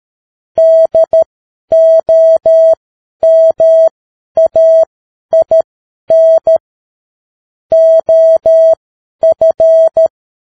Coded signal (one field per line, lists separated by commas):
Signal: Morse code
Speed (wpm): 13 wpm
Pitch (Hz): 650 Hz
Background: none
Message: DOMAIN OF